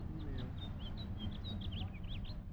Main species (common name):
House Finch